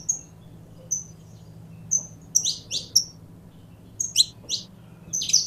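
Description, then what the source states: Belgian canary song opening with repeated high whistled notes, then bursts of rapid sweeping chirps, soft constant hum in the background. Purebred Belgian canary.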